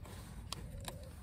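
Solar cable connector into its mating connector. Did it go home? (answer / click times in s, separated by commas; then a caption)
no / none. A male and a female plastic solar cable connector are handled and lined up while making an extension lead for a solar panel, with two brief, sharp handling ticks at about 0.5 and 0.9 seconds over a low steady background. Nothing has seated or clicked yet; the clip ends just before the connector goes home.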